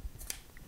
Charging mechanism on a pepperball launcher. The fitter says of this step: you guys hear that click that indicates it's charged and then we're going to put it back on fire